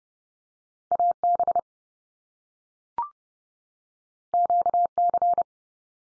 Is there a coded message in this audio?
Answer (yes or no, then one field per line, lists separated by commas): yes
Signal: Morse code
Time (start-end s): 0.9-5.4 s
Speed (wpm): 30 wpm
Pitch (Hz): 700 Hz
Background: none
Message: AB QC